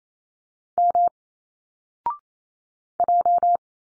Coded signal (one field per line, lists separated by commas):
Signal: Morse code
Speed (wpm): 28 wpm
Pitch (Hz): 700 Hz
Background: none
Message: M J